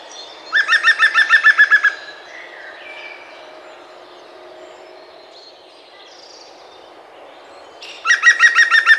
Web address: birdify. picus viridis